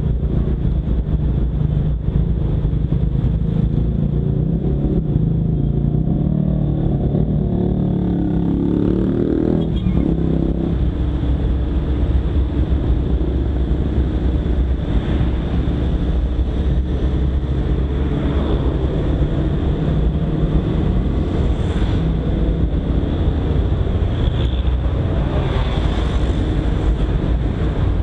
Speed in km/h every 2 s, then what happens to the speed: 22, 22, 21, 22, 23, 21, 22, 24, 26, 28, 29, 31, 33, 34.
0-11 steady at about 22. 11-28 speeds up to 34.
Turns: none.